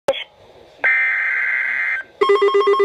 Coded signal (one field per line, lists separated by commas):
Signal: Emergency Alert System (SAME) tones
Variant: header bursts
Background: speech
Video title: Tornado Warning - EAS #385